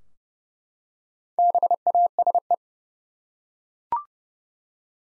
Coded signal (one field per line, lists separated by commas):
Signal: Morse code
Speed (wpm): 31 wpm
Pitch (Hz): 700 Hz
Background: none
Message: BASE